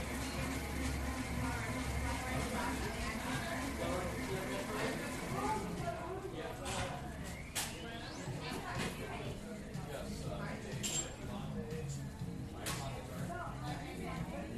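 A coffee shop with a steady murmur of overlapping voices and a low hum underneath throughout. From about six seconds on, sharp clinks of dishes and cutlery break through every second or two, with a bright ring near eleven seconds.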